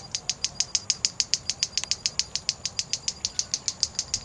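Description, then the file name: White-bellied seedeater giving rapid, evenly spaced metallic ticks, running without pause from start to finish over a thin steady high tone. "Canto do bate bico"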